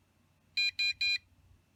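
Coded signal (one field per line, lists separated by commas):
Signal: none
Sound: a drone remote's beeps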